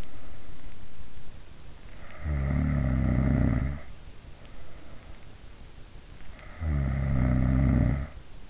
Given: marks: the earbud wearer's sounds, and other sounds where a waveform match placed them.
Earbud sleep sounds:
sounds in sleep by an in-ear microphone; snoring breath
1.70-3.70 s: snoring breath
6.70-8.50 s: snoring breath

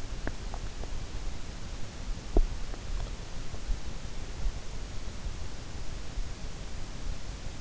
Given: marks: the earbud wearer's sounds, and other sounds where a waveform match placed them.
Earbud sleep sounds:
sounds in sleep by an in-ear microphone; teeth grinding
0.04-0.84 s: teeth grinding
2.14-2.62 s: teeth grinding

